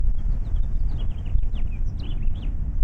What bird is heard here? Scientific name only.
Haemorhous mexicanus